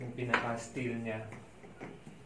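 Someone talks while the steel lid of an autoclave is handled on the chamber, being set so it will be secured with no steam leak. Nothing has seated or clicked yet; the clip ends just before the lid goes home.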